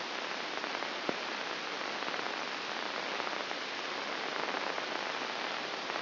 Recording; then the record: brain microelectrode recording played as sound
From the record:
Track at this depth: inside the subthalamic nucleus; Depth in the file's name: 6.061 mm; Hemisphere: left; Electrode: 2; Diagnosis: Parkinson's disease